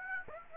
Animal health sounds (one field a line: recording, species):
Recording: mosquito wingbeat signal from an infrared sensor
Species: Aedes aegypti